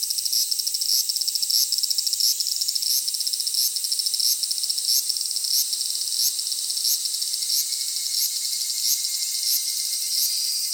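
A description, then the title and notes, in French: Japanese cicadas buzz in a dense, high, continuous drone with an electronic quality. Regular pulses tick through the sound roughly every half second, with a thin whistling tone near the top. Nothing else is audible beneath the steady, close insect chorus. Cigales électro au Japon. Enregistrées 'en gros plan' à l'aide d'un micro parabolique, les stridulations des cigales nippones ressemblent à des sons électroniques. Juillet 14 à Annakaharuna et Gunma (Japon).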